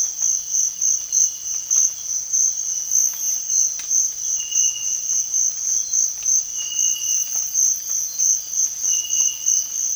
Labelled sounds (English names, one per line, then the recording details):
none
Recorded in dense forest near Puerto Asís, Putumayo, Colombia, on 20 December 2024 at 05:30
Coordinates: 0.481, -76.323
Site G100